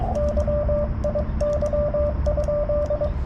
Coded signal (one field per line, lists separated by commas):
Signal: Morse code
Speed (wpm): 22 wpm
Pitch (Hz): 590 Hz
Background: radio noise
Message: YIY?